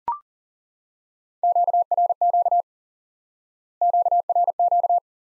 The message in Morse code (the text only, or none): QRQ QRQ